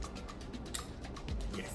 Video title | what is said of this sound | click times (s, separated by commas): COM-CFHB6: Powerful, Expandable COM Solution from AAEON | and you'll hear the click. | 0.8 s